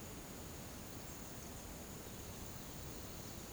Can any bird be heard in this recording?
no